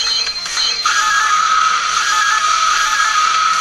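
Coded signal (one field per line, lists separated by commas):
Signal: none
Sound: game sound beeps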